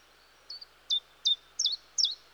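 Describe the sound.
Common chiffchaff song: five short, high, dropping notes, the first soft and the rest louder.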